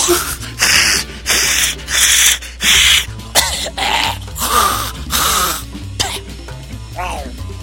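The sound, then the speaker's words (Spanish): A person vocally imitates a cat coughing up a hairball: a string of five loud, harsh, rhythmic hacking bursts, then wetter gagging and retching noises that trail off. “Oigan, sí, los gatos cuando tienen una bola de pelo hacen unos ruidos bien escabrosos, ¿eh?”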